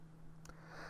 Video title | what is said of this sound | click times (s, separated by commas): Gateway MS2258 Power Button and Hinge Repair at TimsComputerFix.net in Savannah GA | right next comes our bezel we'll get our bezel snapped on there nicely it's | 0.5 s